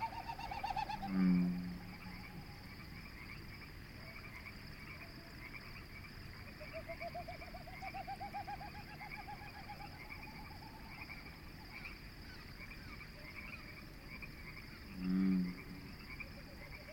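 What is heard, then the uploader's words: Evening at Conboy Lake National Wildlife Refuge. Two low hoots, one near the start and one around fifteen seconds, punctuate a steady insect hum. A faint rising and falling tone drifts through the middle, and a soft chorus of frogs or birds runs underneath. Evening-Dusk At Conboy Lake National Wildlife Refuge. Conboy Lake is not a true year-round lake, but a dense marshy area.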